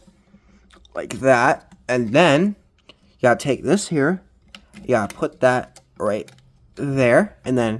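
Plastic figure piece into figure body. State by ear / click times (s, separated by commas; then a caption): not seated / none. Someone talks while handling a plastic backpack or body piece on a Studio Series Rise of the Beasts Apelinq action figure, moving it into position during transformation, with faint plastic handling sounds beneath the speech. The piece has not snapped into place yet.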